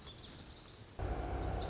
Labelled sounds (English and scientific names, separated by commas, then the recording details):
Lazuli Bunting (Passerina amoena)
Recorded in Sonoma County, California